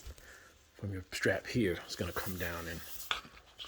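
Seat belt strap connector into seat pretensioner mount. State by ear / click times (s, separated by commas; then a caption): seated / 3.1 s. Someone talks while the strap end of a new seat belt on a 2021-or-later Model S is pushed down into its connection point at the seat pretensioner mount. A sharp click at 3.1 s marks the connector snapping in, and it is seated.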